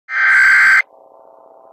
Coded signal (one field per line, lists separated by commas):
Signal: Emergency Alert System (SAME) tones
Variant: header bursts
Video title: Zombie EAS Scan v2 (Veg Replace)